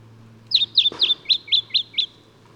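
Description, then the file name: Lemon-bellied flyrobin gives seven sharp, high, upward-flicked notes in quick even succession; a single dull thump sounds near the start, and a low hum runs throughout. "Microeca Flavigaster"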